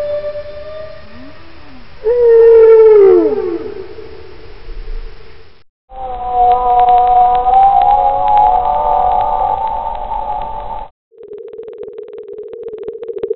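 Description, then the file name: Whale moaning calls: a steady tone, then loud falling harmonic sweeps, a long wavering tonal moan with rich overtones, and a final steady tone, separated by short silences. "Prostaya fauna Golosa dikih zhivotnyh - Kit lat Balaena"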